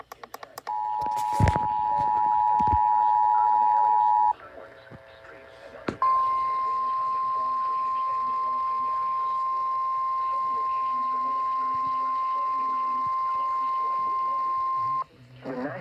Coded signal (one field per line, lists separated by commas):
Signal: Emergency Alert System (SAME) tones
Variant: 853 and 960 Hz attention tone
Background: speech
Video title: EAS Completion #29 EAS Alerts From July 2 EAS 816-848